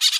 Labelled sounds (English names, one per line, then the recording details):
Brown-throated Parakeet contact call
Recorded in Bonaire
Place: just S of turnoff to Cai, near Lac Bay
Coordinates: 12.126, -68.239